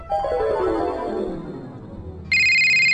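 Soft, fading musical notes give way to a phone ringtone that suddenly cuts in loud: a bright, steady, high-pitched electronic tone that holds without pause until the end.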